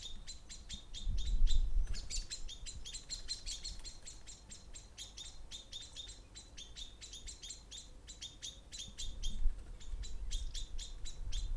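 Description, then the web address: Birds sing a dense, continuous run of rapid high chirps, several notes a second throughout, with low road rumble swelling now and then. Songs with cars passing by. "pdsounds sounds birds songs and cars passing by"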